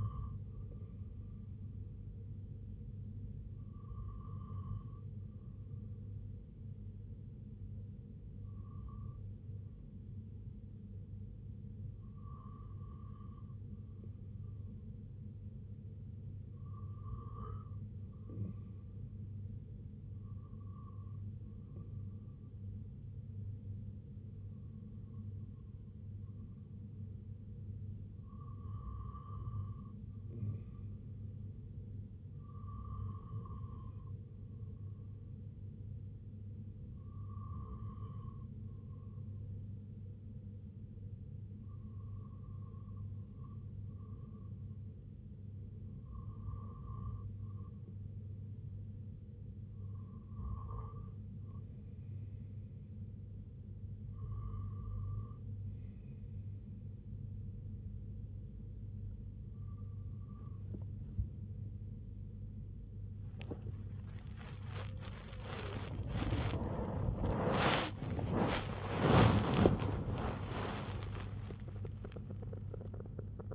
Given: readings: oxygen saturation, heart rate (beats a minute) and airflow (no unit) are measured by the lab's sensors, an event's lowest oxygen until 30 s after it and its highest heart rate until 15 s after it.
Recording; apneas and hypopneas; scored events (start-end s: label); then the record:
breathing in sleep by a smartphone at the bedside; 1
37.00-64.00 s: hypopnea (REM, oxygen 95% highest, then 94% lowest, heart rate 77 at the start, 93 highest)
50.00-73.54 s: new sleep stage, N1 (lightest sleep)
From the record:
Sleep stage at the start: REM sleep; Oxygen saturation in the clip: 94 to 96%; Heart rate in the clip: 69 to 93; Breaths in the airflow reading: 12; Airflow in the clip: -11.4 to 12.4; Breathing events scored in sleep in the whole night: 258 in 7.4 hours asleep